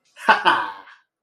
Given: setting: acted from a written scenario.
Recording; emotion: vocal sound without words; triumph